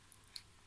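A section of a cardboard SDF-1 Macross paper model, apparently held by magnets, is snapped back into position in the model body. Two sharp clicks are heard at 0.1 s and 0.4 s, the second louder, over a low steady background with no speech. The section seats in place.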